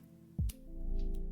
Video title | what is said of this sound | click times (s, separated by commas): Rhinoshield CrashGuard NX And Screen Protector Unboxing & Review! | snaps on pretty easily all together | 0.5 s